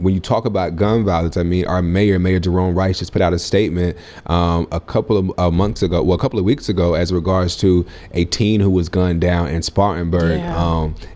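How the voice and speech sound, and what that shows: Low-pitched adult male radio host's voice in conversational speech, with word repetitions and a restart mid-phrase, consistent with mild stuttering; a speech impediment, a stutter present since childhood.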